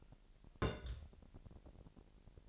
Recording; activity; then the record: daily activity, microphone in the room; place on stove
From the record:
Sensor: 5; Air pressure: 1002.1 hPa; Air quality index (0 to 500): 248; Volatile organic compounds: 9 ppm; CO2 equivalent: 2126 ppm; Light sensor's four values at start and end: 24/52/23/26 and 24/51/23/25